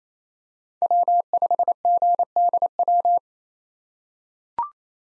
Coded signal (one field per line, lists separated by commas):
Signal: Morse code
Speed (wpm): 28 wpm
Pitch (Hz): 700 Hz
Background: none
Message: W5GDW